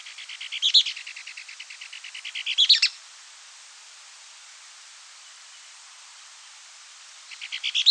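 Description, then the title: Bird song: a rapid run of repeated chirping notes with bright louder bursts early and at the end of the run, then a pause before the same series begins again. "LuckyPassaro"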